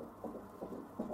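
Fetal heartbeat of a male fetus, heard by ultrasound Doppler.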